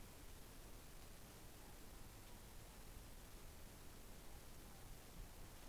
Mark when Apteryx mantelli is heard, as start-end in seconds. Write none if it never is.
none